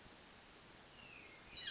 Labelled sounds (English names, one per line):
Hermit Thrush